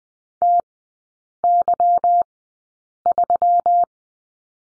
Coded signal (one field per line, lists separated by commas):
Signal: Morse code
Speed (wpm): 20 wpm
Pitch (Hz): 700 Hz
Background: none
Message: TY3